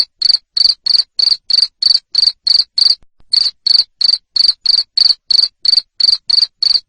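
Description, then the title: Cricket chirping: loud, shrill buzzy pulses repeated about three times a second, with one brief pause near the middle; no other sounds. Loud cricket chirping used to stimulate lovebirds into continuous ngekek singing. "Suara JANGKRIK NGERIK Keras Bikin LOVEBIRD Jadi NGEKEK Terus Vubey"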